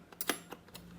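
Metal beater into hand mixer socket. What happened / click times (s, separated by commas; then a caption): The metal part is handled against its socket but has not yet seated / none. A metal beater is pushed toward its socket on the plastic body of a Han River hand mixer, giving a few short, light taps and rattles around 0.1, 0.2, 0.3, 0.5 and 0.8 seconds over a faint steady hum. The beater is still being handled, and nothing has seated or clicked yet.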